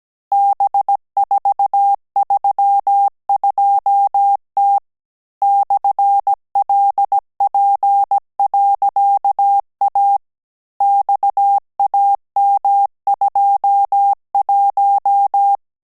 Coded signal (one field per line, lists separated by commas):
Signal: Morse code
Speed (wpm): 17 wpm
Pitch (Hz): 800 Hz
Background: none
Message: B432T /LP.A XAM21